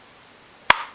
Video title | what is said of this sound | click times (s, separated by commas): G-Code Holsters & RTI Mounts | can just grab it and snap it out and you can hear it | 0.7 s